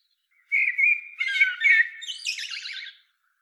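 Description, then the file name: Eurasian blackbird singing one long phrase: low fluted whistles that slide into a buzzy, high, scratchy twittering finish. "Turdus merula"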